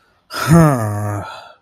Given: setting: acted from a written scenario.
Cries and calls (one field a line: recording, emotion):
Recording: vocal sound without words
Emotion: disappointment